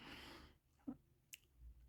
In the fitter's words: Come on. That locks into place.